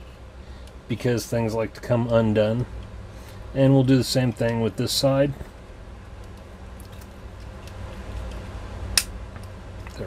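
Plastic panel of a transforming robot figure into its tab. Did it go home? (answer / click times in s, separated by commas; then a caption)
yes / 9.0 s. Someone talks while fitting a plastic panel of a Transformers Generations Power of the Primes Deluxe Class Terrorcon Cutthroat transforming robot figure into its tab on the other side, a part that tends to come undone. After quieter handling noises, a sharp plastic snap at 9.0 seconds shows the part pegging into place.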